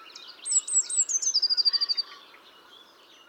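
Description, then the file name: Eurasian blue tit song: one brief phrase of sharp high descending notes merging into a fast, regular trill, then fading to quiet. "Cyanistes caeruleus"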